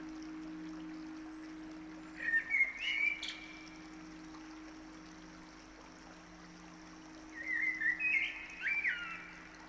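Bird giving two brief bursts of whistled, twittering notes several seconds apart over a constant low mechanical hum.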